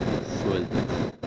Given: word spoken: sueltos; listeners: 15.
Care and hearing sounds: one Spanish word in noise, from a listening test; noise modulated by three-talker babble; -5.1 dB; 3 of 15; 6 of 15; 0.87 s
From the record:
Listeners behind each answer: 6, 3, 3, 2, 1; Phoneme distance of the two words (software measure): 17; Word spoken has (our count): 2 syllables, 7 phonemes, stress on syllable 1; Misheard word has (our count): 2 syllables, 6 phonemes, stress on syllable 1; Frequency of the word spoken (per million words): 5.53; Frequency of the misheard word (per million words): 19.56

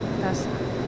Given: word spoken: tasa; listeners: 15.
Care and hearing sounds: one Spanish word in noise, from a listening test; speech-shaped noise; -4.5 dB; 5 of 15; 10 of 15; 0.47 s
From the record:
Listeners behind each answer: 10, 5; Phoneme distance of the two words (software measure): 10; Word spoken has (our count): 2 syllables, 4 phonemes, stress on syllable 1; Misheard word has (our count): 2 syllables, 4 phonemes, stress on syllable 1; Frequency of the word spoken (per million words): 48.82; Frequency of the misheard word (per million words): 557.58

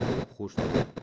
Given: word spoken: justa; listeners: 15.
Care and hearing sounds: one Spanish word in noise, from a listening test; noise modulated by one talker; -11.8 dB; 2 of 15; 9 of 15; 0.62 s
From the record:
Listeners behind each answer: 9, 2, 2, 1, 1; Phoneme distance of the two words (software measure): 10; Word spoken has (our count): 2 syllables, 5 phonemes, stress on syllable 1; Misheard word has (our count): 2 syllables, 5 phonemes, stress on syllable 1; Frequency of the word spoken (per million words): 18.30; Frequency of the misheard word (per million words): 69.71

